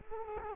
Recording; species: mosquito wingbeat signal from an infrared sensor; Culex quinquefasciatus